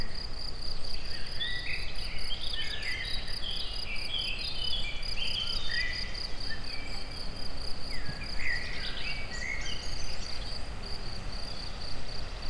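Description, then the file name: Crickets keep up a continuous high pulsing trill over a constant low rumble. Recorded in nature among several kinds of insects, crickets included, near a tourist house. "tobbfelerovar tucsokis egerturistahaz"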